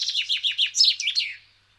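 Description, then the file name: Common chaffinch song: a quick run of bright chirping notes that steps down in pitch, then ends in a short flourish before falling silent. "Fringilla coelebs"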